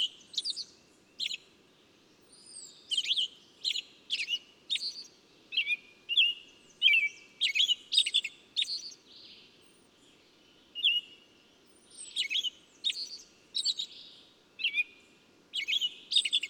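Bird chattering in dense, high chirps and warbles, phrases repeated with short breaks and faint arched whistles.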